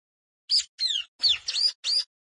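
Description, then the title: Prinia song of five high, wheezy notes, some slurring downward and some rising, in a quick sequence. Rice field (sawah) habitat. "Ciblek Sawah 1"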